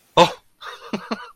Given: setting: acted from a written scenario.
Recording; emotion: vocal sound without words; positive surprise